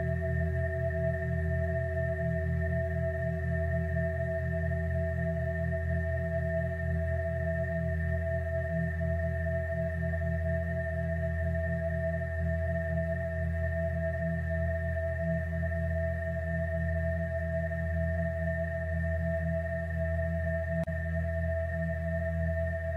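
Tuning fork tones, the 528, 963 and 432 Hz frequencies, ring together as an unbroken, steady chord. Beneath them a low hum pulses gently and evenly, and a faint bright tone sits high above. Loudness holds level throughout, with a small click near 21 seconds.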